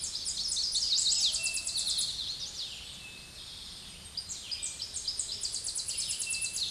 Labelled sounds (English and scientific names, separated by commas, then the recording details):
Tennessee Warbler (Leiothlypis peregrina) song
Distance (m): 20 m
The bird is about 5 m above the microphone
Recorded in a Pennsylvania forest on 16 May 2024 at 07:45
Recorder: AudioMoth, point MSD-2417
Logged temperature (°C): 16.4 °C
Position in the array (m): 82 m, 74 m